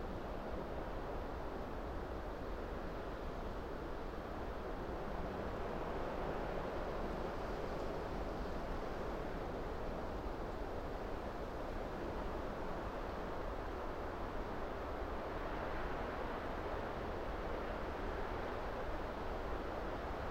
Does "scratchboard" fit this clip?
no